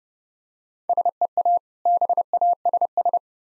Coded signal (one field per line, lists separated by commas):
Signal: Morse code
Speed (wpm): 32 wpm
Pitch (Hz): 700 Hz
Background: none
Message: SEA BASS